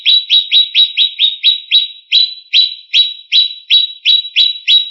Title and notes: CCKIJDaunKecil. Cucak Ijo